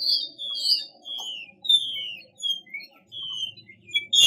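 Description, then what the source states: Chinese hwamei song: a run of clear whistled notes, each sliding downward, ending with a sudden loud burst. Female bird; 'mái xùy' call type.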